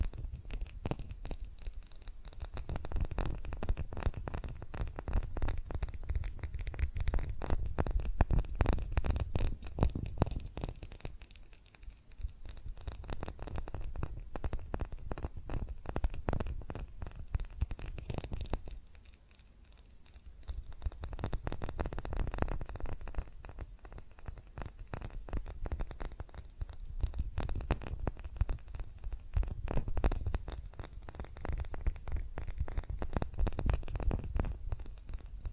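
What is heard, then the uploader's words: Rapid tapping on glass and ceramic objects goes on for the whole clip, a dense stream of quick, light clicks over a heavier low thud. The pace stays fast and busy, easing briefly around 12 and 20 seconds. ASMR Fast Tapping on GlassCeramic Objects (No Talking).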